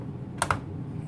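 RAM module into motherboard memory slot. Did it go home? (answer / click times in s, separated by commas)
yes / 0.4 s, 0.5 s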